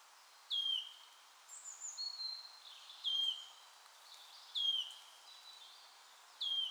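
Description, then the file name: Wood warbler giving several clear, sharply descending whistled notes, with fainter high chirps from another bird between them. "sisego fuzike hangja"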